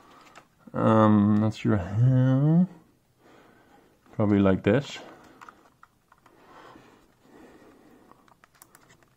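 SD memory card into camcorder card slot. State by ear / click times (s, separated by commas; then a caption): seated / 8.4 s. An SD memory card is pushed into the card slot of a Sony HDR-CX240E Handycam camcorder while someone talks, followed by a quieter stretch of small sharp plastic clicks and handling taps. The card clicks in and latches at 8.4 s, with a couple more light clicks right after.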